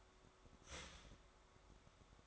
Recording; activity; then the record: daily activity, microphone in the room; start toaster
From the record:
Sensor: 3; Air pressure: 1014.7 hPa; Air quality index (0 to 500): 194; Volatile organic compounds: 23 ppm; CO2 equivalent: 2782 ppm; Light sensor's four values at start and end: 4/11/4/4 and 4/11/4/4